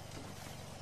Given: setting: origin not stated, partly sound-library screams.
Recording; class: one-second piece from a danger detection set; normal situation